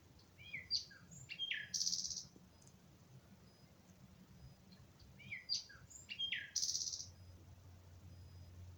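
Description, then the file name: Common nightingale song: two short, varied phrases of quick whistles, chips and a brief rasping burst, separated by several seconds of quiet background hiss. "Nachtigall Nightingale"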